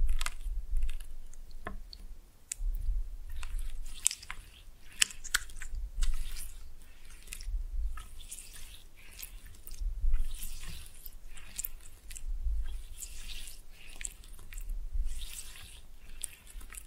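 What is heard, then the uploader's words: Slime is pressed and mixed, giving a steady stream of wet, sticky squishes and crackly pops with no talking. Sharp clicks and squelches come densely and irregularly throughout, several per second, over a low thumping rumble that swells and fades. Slime No Talking (Pressing and Mixing).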